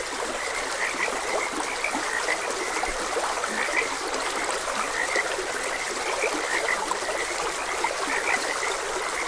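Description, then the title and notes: Frog: overlapping croaks from numerous frogs form a steady pulsing chorus, accompanied by the ongoing trickle of a stream. Frogs croaking beside a gentle stream, presented as calming nature ambience for rest and sleep. "Frogs Croaking. Sleep and Relaxation Podcast"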